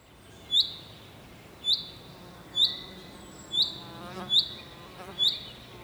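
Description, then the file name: Common chaffinch calling a sharp, high note with a quick upward hook, repeated about once a second, six times, over faint background hiss. "Fringilla coelebs"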